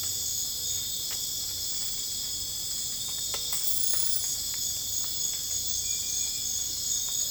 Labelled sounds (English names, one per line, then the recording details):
none
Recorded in dense forest near Puerto Asís, Putumayo, Colombia, on 22 December 2024 at 23:30
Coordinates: 0.484, -76.325
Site G056